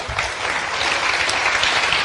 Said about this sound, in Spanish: Fuerte el aplauso.